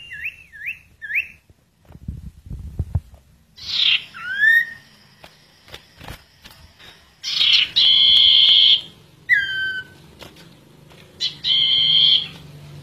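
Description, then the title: Bird song: short hooked whistles, then descending slurred whistles alternating with long steady buzzy notes, repeated every few seconds over a low hum. "Kicau Burung Yoi"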